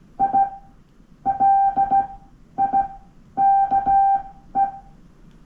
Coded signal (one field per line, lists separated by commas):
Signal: Morse code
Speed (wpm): 16 wpm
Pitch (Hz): 790 Hz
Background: none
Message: I LIKE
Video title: Let's tweet by morse code モールスでつぶやく No.3